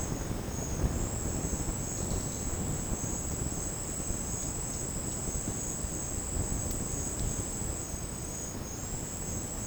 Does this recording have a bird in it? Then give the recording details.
no. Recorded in secondary vegetation near Puerto Asís, Putumayo, Colombia, on 13 March 2025 at 11:00. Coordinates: 0.481, -76.318. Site G097